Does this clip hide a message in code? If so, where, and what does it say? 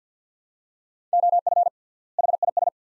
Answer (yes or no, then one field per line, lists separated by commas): yes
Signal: Morse code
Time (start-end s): 1.1-2.7 s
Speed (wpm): 50 wpm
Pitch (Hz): 700 Hz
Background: none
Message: OF HIS